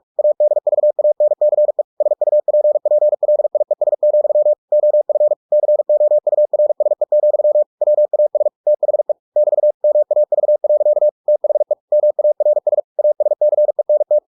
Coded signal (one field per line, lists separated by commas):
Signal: Morse code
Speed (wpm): 46 wpm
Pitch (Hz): 600 Hz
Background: none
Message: ADVANCE SUPPLIES, OF COURSE, WAS THE <BT> MAV. THE MARS ASCENT